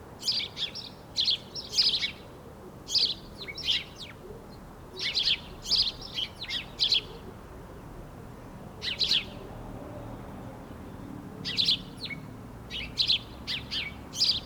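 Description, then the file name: House sparrow uttering clusters of sharp chirps, a quieter gap in the middle, then further scattered chirps toward the end. "Passer domesticus"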